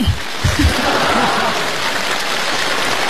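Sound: audience applause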